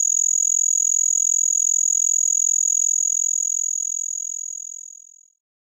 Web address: The Songs of Insects. Say's Trig